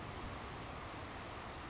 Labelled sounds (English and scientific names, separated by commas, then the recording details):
Savannah Sparrow (Passerculus sandwichensis)
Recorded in Sonoma County, California